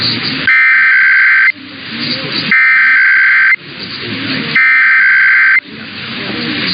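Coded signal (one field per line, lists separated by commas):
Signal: Emergency Alert System (SAME) tones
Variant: header bursts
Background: speech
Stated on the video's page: Weekly tests received from three broadcast radio stations.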